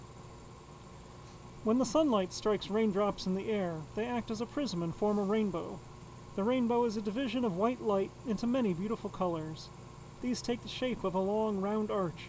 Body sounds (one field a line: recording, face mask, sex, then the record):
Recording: reading aloud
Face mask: surgical mask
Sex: male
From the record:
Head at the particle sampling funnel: tilted down, bridge of the nose in front of it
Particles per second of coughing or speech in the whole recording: 0.276